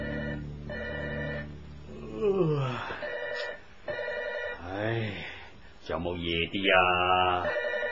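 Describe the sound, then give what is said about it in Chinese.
A telephone rings with a steady, high electronic tone in the opening seconds, then a man's voice takes over, talking with rising and falling pitch as the ringing fades. “几钟都打电话嚟，真系黐线嘅。”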